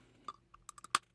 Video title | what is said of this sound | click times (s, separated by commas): Marvel Legends Baf Juggernaut X Men Series | There we go. A nice, good, solid click. | 1.0 s